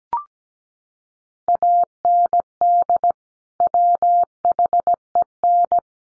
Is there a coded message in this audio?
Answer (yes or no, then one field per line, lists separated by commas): yes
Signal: Morse code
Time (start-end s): 1.5-5.8 s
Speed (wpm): 17 wpm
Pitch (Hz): 700 Hz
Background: none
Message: AND WHEN